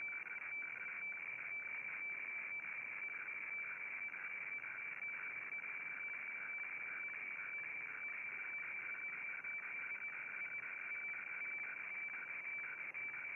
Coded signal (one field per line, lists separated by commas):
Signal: weather fax (radiofax)